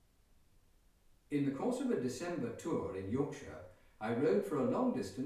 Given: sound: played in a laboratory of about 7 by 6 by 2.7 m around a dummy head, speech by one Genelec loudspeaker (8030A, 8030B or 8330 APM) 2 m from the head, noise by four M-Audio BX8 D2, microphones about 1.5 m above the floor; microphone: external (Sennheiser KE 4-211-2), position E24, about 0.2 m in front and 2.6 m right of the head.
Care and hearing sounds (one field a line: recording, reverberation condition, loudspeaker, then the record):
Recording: male speech in English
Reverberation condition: medium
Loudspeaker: 30 degrees to the left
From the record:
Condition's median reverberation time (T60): about 510 ms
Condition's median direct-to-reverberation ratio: about -0.5 dB